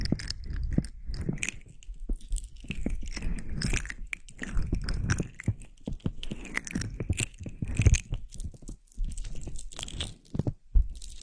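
Ear massage sounds: dense, irregular crunching and crackling rubs with a heavy low rumble beneath bright scratchy bits. The rustling comes in quick uneven bursts with brief pauses, notably around the eighth and ninth seconds, and a sharp crackle near the end.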